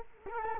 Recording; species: mosquito wingbeat signal from an infrared sensor; Culex quinquefasciatus